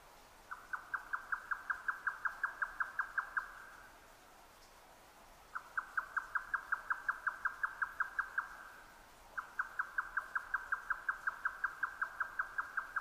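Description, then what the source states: Grey nightjar churring song in three rapid bursts of steady, evenly spaced knocking notes, each burst lasting about three seconds and separated by short pauses. 12 June 2009 at 22:41.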